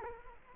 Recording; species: mosquito wingbeat signal from an infrared sensor; Culex quinquefasciatus